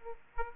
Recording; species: mosquito wingbeat signal from an infrared sensor; Aedes aegypti